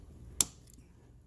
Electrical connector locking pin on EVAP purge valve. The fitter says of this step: hear a click which will disengage at the walk and then you can just pull the connector straight off so